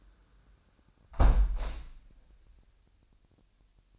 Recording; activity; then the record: daily activity, microphone in the room; close window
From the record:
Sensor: 2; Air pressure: 998.4 hPa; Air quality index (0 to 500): 142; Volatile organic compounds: 4 ppm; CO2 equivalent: 1612 ppm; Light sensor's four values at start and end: 8/19/8/9 and 8/19/8/9